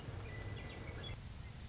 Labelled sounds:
Western Meadowlark
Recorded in Sonoma County, California

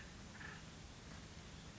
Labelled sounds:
Acorn Woodpecker
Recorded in Sonoma County, California

